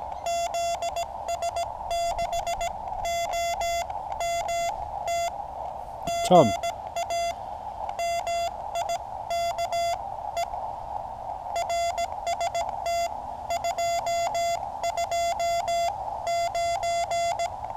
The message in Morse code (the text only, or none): ZS6OMT GA MIKE RST 229